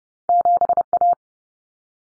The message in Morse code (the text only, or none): 7A